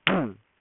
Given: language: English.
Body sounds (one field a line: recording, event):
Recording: throat vibration sensor signal played as sound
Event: throat clearing